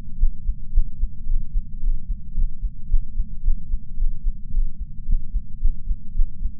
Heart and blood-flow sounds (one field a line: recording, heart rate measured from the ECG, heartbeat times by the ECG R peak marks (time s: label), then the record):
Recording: heart sounds by patch sensor on the chest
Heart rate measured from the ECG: 111 bpm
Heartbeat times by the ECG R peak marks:
0.17 s: heartbeat
0.71 s: heartbeat
1.25 s: heartbeat
1.79 s: heartbeat
2.33 s: heartbeat
2.87 s: heartbeat
3.41 s: heartbeat
3.96 s: heartbeat
4.50 s: heartbeat
5.04 s: heartbeat
5.59 s: heartbeat
6.13 s: heartbeat
From the record:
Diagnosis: coronary artery disease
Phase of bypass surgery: postoperative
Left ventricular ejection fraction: 34.9%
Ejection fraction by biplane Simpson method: 32.7%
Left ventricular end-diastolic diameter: 59 mm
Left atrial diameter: 36 mm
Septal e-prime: 3 cm/s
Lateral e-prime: 7 cm/s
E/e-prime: 12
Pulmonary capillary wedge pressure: 12 mmHg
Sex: male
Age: 49 years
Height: 175 cm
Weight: 80 kg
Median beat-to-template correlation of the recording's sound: 0.90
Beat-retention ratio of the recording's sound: 0.99